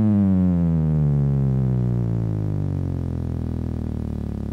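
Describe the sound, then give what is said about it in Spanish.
A steady electronic oscillator tone, a voltage signal rising and falling at high speed, with a buzzy, harmonic-rich timbre, its pitch sliding gradually downward over several seconds as a resistor is adjusted. No one speaks. “Esto es un voltaje que está subiendo y bajando, una señal que sube y baja a toda velocidad. Con una resistencia, yo voy cambiando el tono.”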